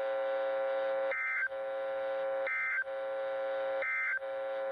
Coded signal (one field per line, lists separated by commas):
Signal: Emergency Alert System (SAME) tones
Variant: end-of-message bursts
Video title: 7/3/24 - BTV Weekly Test on KBS508 || EAS 1,307